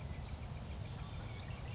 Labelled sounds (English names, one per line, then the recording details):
Orange-crowned Warbler
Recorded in Sonoma County, California